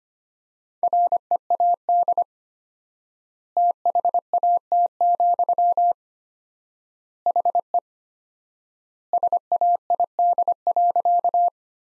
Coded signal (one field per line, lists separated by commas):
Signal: Morse code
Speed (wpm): 25 wpm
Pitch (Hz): 700 Hz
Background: none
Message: READ THAT, HE SAID.